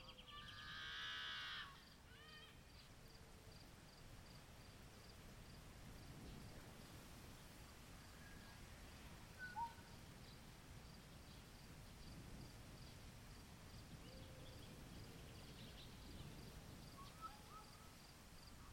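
Yellow-headed blackbirds give a harsh buzzing call at the start, then scattered chips and whistles over steady outdoor rumble and a faint, regular insect-like ticking.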